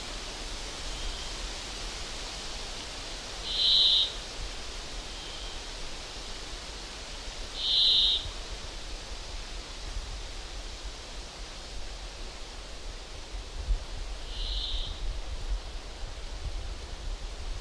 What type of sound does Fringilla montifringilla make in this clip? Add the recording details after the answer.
song. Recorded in the wild. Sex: male. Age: subadult. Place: Halbinsel Kindo, Karelien, RU. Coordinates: 66.5492, 33.045. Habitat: taiga. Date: 1990-07-01 19:10. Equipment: Uher 4000 Report Monitor, Sennheiser MKH 416 T. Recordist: Frommolt, Karl-Heinz